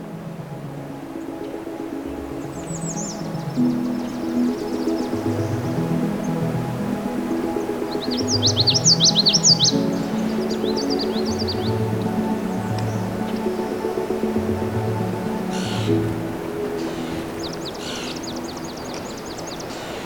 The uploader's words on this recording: We’ll continue to listen to the migrant warblers and other songbird species, one last listen to the birds of Johnston Harbour. Along Crane River, the birdsongs are still very intense.